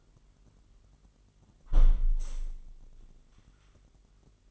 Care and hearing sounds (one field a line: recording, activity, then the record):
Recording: daily activity, microphone in the room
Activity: close window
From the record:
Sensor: 4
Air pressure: 999.4 hPa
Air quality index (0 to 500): 133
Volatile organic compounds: 2 ppm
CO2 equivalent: 1316 ppm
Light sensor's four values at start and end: 19/47/19/21 and 19/47/19/21